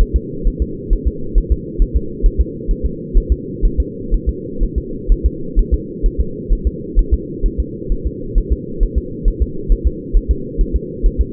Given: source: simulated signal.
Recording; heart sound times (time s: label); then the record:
fetal heart sounds
0.01 s: S1
0.16 s: S2
0.47 s: S1
0.62 s: S2
0.93 s: S1
1.07 s: S2
1.38 s: S1
1.52 s: S2
1.82 s: S1
1.96 s: S2
2.26 s: S1
2.41 s: S2
2.71 s: S1
2.85 s: S2
3.17 s: S1
3.32 s: S2
3.65 s: S1
3.80 s: S2
4.14 s: S1
4.29 s: S2
4.63 s: S1
4.78 s: S2
5.12 s: S1
5.26 s: S2
5.59 s: S1
5.74 s: S2
6.06 s: S1
6.20 s: S2
6.52 s: S1
6.67 s: S2
6.99 s: S1
7.13 s: S2
7.46 s: S1
7.60 s: S2
7.92 s: S1
8.06 s: S2
8.38 s: S1
8.52 s: S2
8.83 s: S1
8.98 s: S2
9.28 s: S1
9.42 s: S2
9.72 s: S1
9.87 s: S2
10.16 s: S1
10.31 s: S2
10.61 s: S1
10.76 s: S2
11.06 s: S1
11.21 s: S2
From the record:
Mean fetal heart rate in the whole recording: 130 bpm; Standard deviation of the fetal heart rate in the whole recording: 4 bpm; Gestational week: 38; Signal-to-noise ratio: -4.3 dB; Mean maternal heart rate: 72 bpm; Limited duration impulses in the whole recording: absent